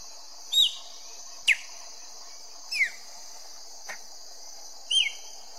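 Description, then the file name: Chopi blackbird singing a few separate notes: a sharp click, falling whistled slurs and a flat whistle, spaced about a second apart, with constant shrill insect noise behind. "canto do grauna"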